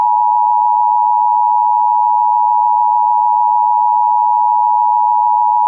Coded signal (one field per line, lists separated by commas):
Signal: Emergency Alert System (SAME) tones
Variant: 853 and 960 Hz attention tone